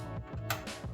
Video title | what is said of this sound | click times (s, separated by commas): PC Gamer à 850-900€ (début 2023) RTX 3060 12Go & RYZEN 5 5600x / Tuto Montage + Test sur 20 Jeux | boum clips nous avons entendu c'est s'éclipser tout seul ça | 0.5 s